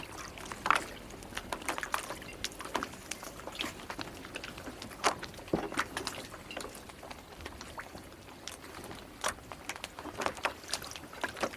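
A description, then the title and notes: Water laps against a boat dock in a steady, uneven patter of small slaps and splashes, several per second with no long pauses. Sharper knocks stand out near the start and around the middle, over a soft low wash and faint wind. Gentle Waves on the Dock. Lapping of water on a boat dock.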